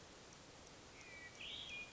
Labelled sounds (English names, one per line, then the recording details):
Hermit Thrush
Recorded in Sonoma County, California